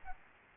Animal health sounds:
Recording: mosquito wingbeat signal from an infrared sensor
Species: Aedes albopictus

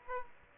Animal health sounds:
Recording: mosquito wingbeat signal from an infrared sensor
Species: Aedes aegypti

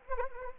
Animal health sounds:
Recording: mosquito wingbeat signal from an infrared sensor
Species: Anopheles arabiensis

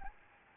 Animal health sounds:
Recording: mosquito wingbeat signal from an infrared sensor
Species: Anopheles gambiae

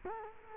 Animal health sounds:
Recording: mosquito wingbeat signal from an infrared sensor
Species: Culex quinquefasciatus

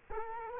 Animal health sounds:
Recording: mosquito wingbeat signal from an infrared sensor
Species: Culex quinquefasciatus

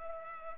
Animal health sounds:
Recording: mosquito wingbeat signal from an infrared sensor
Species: Culex pipiens

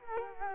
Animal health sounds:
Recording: mosquito wingbeat signal from an infrared sensor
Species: Culex quinquefasciatus

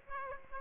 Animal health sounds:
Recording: mosquito wingbeat signal from an infrared sensor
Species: Aedes aegypti

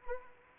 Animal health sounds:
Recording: mosquito wingbeat signal from an infrared sensor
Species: Anopheles arabiensis

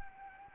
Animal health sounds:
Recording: mosquito wingbeat signal from an infrared sensor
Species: Anopheles arabiensis

